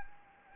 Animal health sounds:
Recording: mosquito wingbeat signal from an infrared sensor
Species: Anopheles gambiae

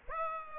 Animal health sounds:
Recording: mosquito wingbeat signal from an infrared sensor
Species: Aedes aegypti

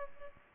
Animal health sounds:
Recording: mosquito wingbeat signal from an infrared sensor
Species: Aedes albopictus

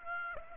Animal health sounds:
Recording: mosquito wingbeat signal from an infrared sensor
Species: Aedes aegypti

